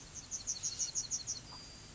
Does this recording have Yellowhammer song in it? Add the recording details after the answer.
yes. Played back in grassland. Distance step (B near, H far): F. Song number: 034